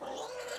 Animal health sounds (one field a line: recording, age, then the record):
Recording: pig call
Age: piglet (1 to 25 days)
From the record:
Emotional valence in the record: negative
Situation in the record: fighting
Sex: male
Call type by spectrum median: low-frequency call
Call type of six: high-frequency stable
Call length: 0.59 s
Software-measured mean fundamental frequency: 260 Hz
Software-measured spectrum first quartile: 595 Hz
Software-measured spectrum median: 1108 Hz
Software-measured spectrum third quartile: 3363 Hz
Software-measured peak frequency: 507 Hz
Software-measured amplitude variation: 111 dB a second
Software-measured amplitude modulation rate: 24.4 a second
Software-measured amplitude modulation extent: 4.6 dB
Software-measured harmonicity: 3.0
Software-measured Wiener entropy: -2.10